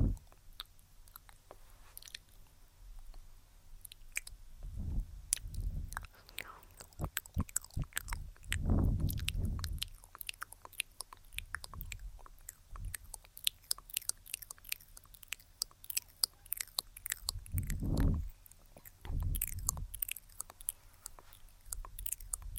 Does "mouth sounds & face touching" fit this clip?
yes